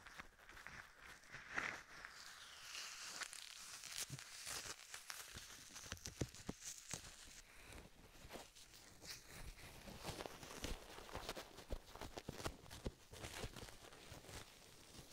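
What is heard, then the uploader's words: Gloved hands cup and tap over the ears, making a busy run of soft crinkly crackles and dull taps throughout. Sharper, brighter taps stand out near the 4–7 second mark and again around 12–13 seconds, over a steady rustling hiss. ASMR Binaural Triggers Ear to Ear Cupping, Tapping with Gloves (3DIO).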